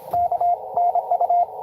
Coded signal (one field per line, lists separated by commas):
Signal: Morse code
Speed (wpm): 25 wpm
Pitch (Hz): 700 Hz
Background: radio noise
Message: KNU